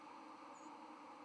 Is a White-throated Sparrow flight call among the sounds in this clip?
no